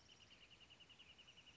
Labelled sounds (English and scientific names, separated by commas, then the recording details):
Wrentit (Chamaea fasciata)
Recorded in Sonoma County, California